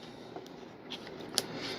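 A locking plastic-housed servo extension connector is angled in and pushed together with a servo lead on a FlyFans Baltic Bees 64mm L-39 RC jet, with a few faint plastic ticks during the push. A sharp click at 1.4 s marks the connector popping into place and locking, so the connection is seated.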